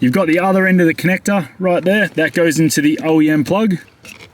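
Someone talks while handling the plastic piggyback throttle controller harness connector, about to push it into the factory throttle pedal plug on a Nissan NP300, with a maroon locking clip. Speech fills the clip, with no distinct click. Nothing has seated or clicked yet.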